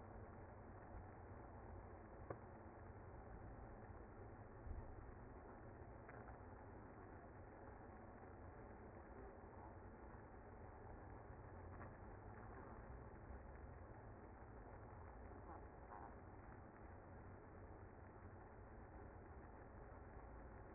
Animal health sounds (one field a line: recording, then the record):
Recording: honeybee colony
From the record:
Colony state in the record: active